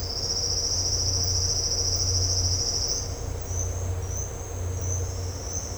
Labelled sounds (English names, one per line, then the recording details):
none
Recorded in dense forest near Puerto Asís, Putumayo, Colombia, on 9 March 2025 at 09:00
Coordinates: 0.468, -76.322
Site GP01